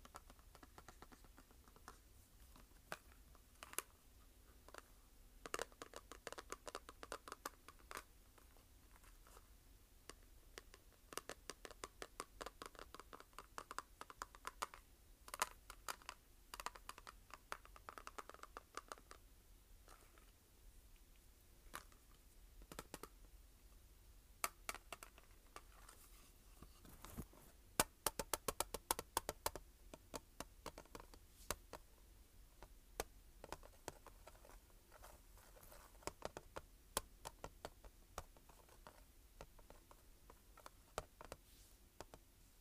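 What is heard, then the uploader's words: Tapping and scratching on a makeup palette, a steady run of sharp, clicky taps mixed with brief scratchy strokes. The taps come in quick irregular bursts throughout, with the busiest, loudest stretch around the middle, over a low, quiet hum. Tapping and scratching makeup pallet.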